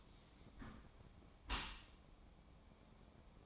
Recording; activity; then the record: daily activity, microphone in the room; close dishwasher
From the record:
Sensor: 1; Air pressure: 1012.3 hPa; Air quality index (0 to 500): 169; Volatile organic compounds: 3 ppm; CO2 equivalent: 1383 ppm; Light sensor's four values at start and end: 482/1065/485/533 and 479/1058/482/528